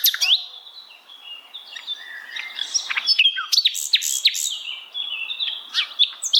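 Bird song, a busy mix of high chirps, sharp whistled notes and short buzzy phrases overlapping.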